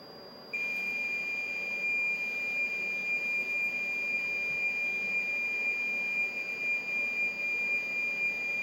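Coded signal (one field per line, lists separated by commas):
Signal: computer data on cassette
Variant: MSX, 2400 baud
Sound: continuous steady high-pitched buzzer tone, the lead tone before data, over hiss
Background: background hiss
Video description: He conectado el Buzzer del MegaDuino para que se escuchen los "pitidos" de carga.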